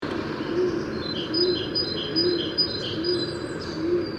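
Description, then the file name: Great tit calling, a bright two-note phrase repeated rapidly, high note alternating with lower one, over a steady low cooing that pulses about every 0.8 seconds. "Parus major"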